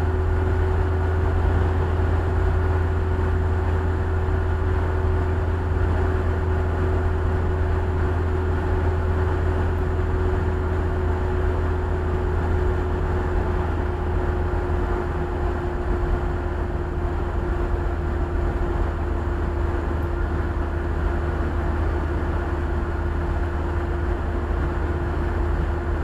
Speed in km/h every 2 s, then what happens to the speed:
80, 81, 81, 80, 80, 81, 79, 79, 78, 77, 75, 75, 75.
0-26 steady at about 79.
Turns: none.